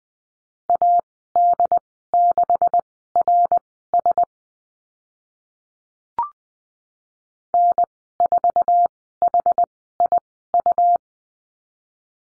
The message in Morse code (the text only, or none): AD6RS N4HIU